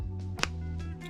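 A cable or module connector for a Wi-Fi/BT module is lined up with the header pins in a bench power supply and pushed home. Over a steady low tonal hum with a few soft rustles, one sharp, solid click is heard at 0.4 s. The connector is fully seated on the pins.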